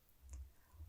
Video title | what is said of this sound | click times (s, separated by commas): KORE Naloxone Training Video Version 3 | the needle can go through clothing if needed then push the plunger until it clicks | 0.3 s